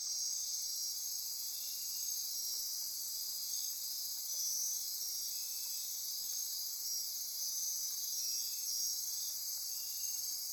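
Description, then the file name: Insect chorus: a continuous high shrill buzzing and trilling mass, with brief lower buzzy pulses recurring every few seconds. Insect chorus at midnight near Corcovado. "Wind-is-the-Original-Radio-Fridays 20240628 Andy-Martin Midnight-Insect-Chorus-Near-Corcovado"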